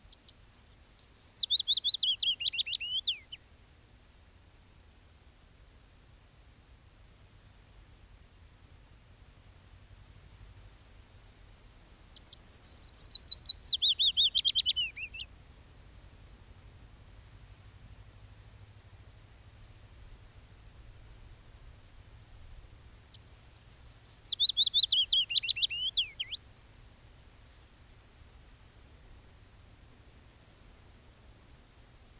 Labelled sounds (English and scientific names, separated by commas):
Willow Warbler (Phylloscopus trochilus) song